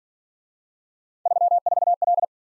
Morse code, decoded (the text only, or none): 34L